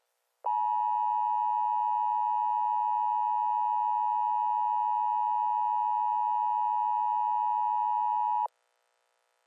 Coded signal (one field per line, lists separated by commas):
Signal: Emergency Alert System (SAME) tones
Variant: 853 and 960 Hz attention tone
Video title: EAS Short Scenario 64 | Firefly Power